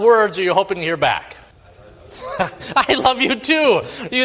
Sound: laughs